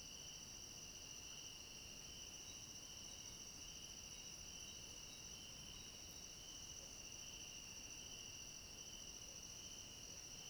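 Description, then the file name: Many crickets trilling together, a continuous shrill ringing held at one pitch for the whole stretch, with faint low noise beneath. Chorus of crickets at night. "Coro de grilos a noite com cachorro longe"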